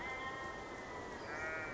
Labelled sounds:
Western Flycatcher
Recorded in Sonoma County, California

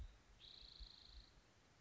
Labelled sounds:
Spotted Towhee
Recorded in Sonoma County, California

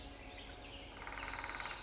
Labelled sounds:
California Towhee
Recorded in Sonoma County, California

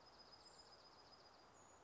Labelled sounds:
Dark-eyed Junco
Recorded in Sonoma County, California

